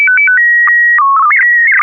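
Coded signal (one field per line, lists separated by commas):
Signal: SSTV (slow-scan television)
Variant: PD 120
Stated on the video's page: SSTV net on a 441.300 MHz FM repeater, images sent with MMSSTV.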